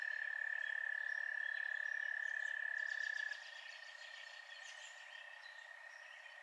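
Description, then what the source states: Frogs calling, a bright continuous trill that drops in loudness partway through while a softer chorus of rapid chirps carries on behind. Frogs at night.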